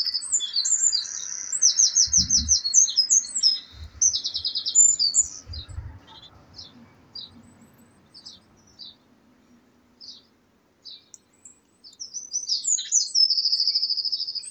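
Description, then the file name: Eurasian wren singing a shrill, fast string of trills and sharp notes. Low thumps sound early on, there is a quieter stretch with faint chirps, then a second vigorous trilled burst. "Troglodytes troglodytes"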